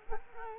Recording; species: mosquito wingbeat signal from an infrared sensor; Culex quinquefasciatus